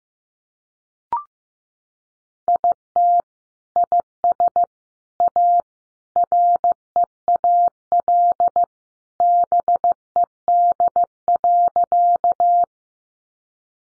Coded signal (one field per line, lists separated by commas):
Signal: Morse code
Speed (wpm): 15 wpm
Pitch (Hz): 700 Hz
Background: none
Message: IT IS A REAL BED.